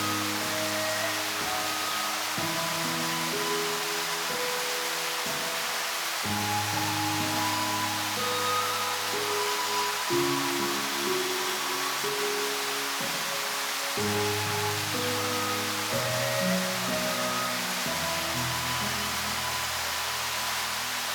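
A waterfall pours in a constant, dense roar, bright hiss filling the top and holding an even level throughout. Underneath, low humming tones shift in steps every two seconds or so, giving the rumble a slowly changing, droning character.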